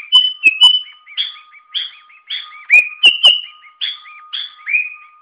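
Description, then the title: Sooty-headed bulbul giving repeated bubbly chirps and slurred whistles, with a steady faint tone beneath. "Suara Burung Kutilang"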